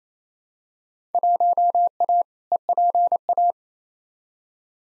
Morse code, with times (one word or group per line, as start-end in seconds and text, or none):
1.1-2.2 1A
2.5-3.5 EPA